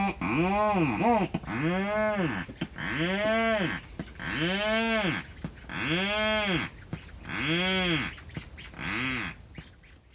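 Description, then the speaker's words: Rhinoceros auklet calls, a run of several deep moaning calls, each rising then falling in pitch. Medium-sized stocky seabird, dark gray with a white belly, that delivers food to its nest mostly at night; mystery sound replayed. "that sound came from the rhinoceros auklet, a medium-sized, stocky seabird."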